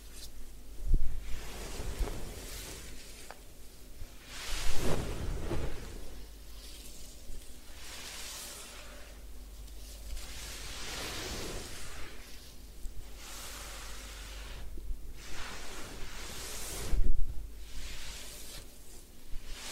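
A head spa hair wash: soft, steady rustling and scrubbing fill the clip, rising and falling in bright waves every few seconds. Louder bursts of rubbing come around 1, 5, and 17 seconds, over a faint low hum underneath.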